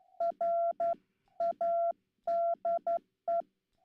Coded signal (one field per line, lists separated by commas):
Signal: Morse code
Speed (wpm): 12 wpm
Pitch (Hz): 680 Hz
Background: none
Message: RADE